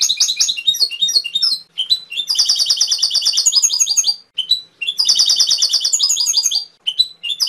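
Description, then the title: Canary song of quick repeated trills and sharp chirps, in several bursts with brief gaps, bright and high throughout. Canary training (masteran) song with full isian content. "mster Mnuk. Masteran Kenari Full Isian"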